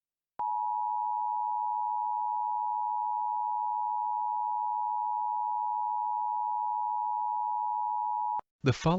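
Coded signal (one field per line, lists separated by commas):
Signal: Emergency Alert System (SAME) tones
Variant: 853 and 960 Hz attention tone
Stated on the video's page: Fictional EAS scenario about a supervolcano in Michigan.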